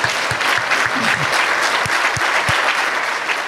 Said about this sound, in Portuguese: Palmas pra você.